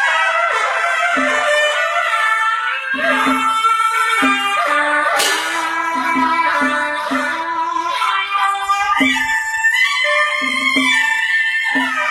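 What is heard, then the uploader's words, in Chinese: Suona playing in Liaoyang, a bright, piercing melody in steady, dense phrases, with short low notes recurring every second or so beneath it. 辽阳，唢呐。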